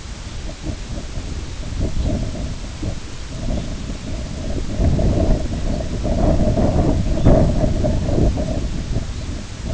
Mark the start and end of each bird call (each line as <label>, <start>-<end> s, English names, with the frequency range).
Red Phalarope (3.1-4.3 kHz), 1.93-2.14 s
Red Phalarope (3.0-4.0 kHz), 3.49-3.70 s
Red Phalarope (3.0-3.9 kHz), 7.11-7.38 s
Red Phalarope (3.2-4.7 kHz), 9.07-9.29 s